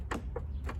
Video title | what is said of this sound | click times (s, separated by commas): Fixing Stuff ZODIAC CX20 common Problems and Solutions including Diagnostic info | push in like that and lock in right so it doesn't spin | 0.1 s